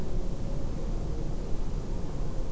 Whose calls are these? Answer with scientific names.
none